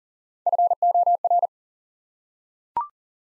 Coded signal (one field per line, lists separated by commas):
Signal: Morse code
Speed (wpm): 40 wpm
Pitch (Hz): 700 Hz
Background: none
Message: FOR